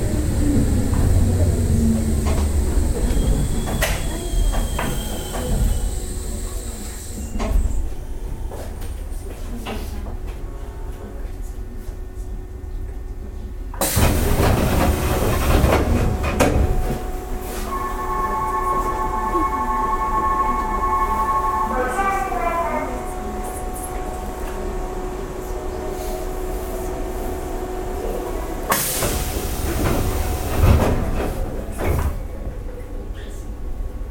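A Nishitetsu 600 series train runs with a steady low rumble, loud bursts around 14 and 29 seconds, and brief tonal whines between.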